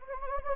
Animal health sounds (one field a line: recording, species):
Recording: mosquito wingbeat signal from an infrared sensor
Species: Anopheles gambiae